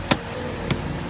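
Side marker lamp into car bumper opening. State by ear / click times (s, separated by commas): not seated / none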